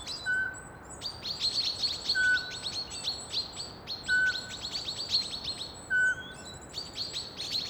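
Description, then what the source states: Eurasian pygmy owl hooting: short, clear piping notes repeated about every two seconds, four in all, beneath a dense, busy chatter of high chirping small birds. Male hooting while being mobbed.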